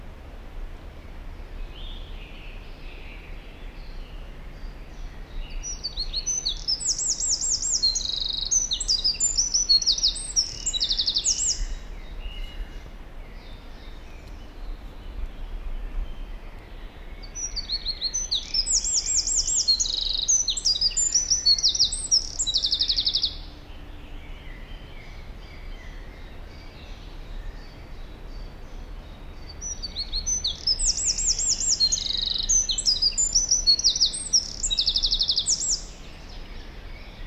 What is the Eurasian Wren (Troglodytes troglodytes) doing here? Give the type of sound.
song